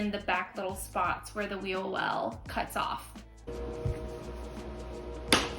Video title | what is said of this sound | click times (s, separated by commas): Installing Luxury Vinyl Plank (LVP) for my Tiny House Floor | There. That was a satisfying click. | 5.3 s